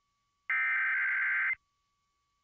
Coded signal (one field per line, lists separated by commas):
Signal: Emergency Alert System (SAME) tones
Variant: header bursts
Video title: San Bernardino County Required Monthly Test (EAS #1175-1176) 9/6/23